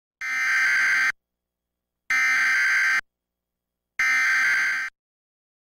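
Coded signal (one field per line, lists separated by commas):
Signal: Emergency Alert System (SAME) tones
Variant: header bursts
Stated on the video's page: Required Monthly Test originated by WAMC-FM and relayed on all radio and TV stations in the Albany NY Operational Area.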